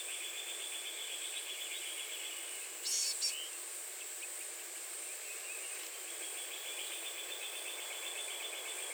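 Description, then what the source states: Blue-gray gnatcatcher making a quick pair of high nasal call notes over a rapid pulsing insect trill and a steady high hiss. Recorded 30 April 2019.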